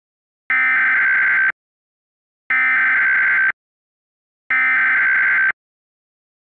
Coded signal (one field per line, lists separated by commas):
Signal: Emergency Alert System (SAME) tones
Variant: header bursts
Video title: EAS Law Enforcement Warning San Antonio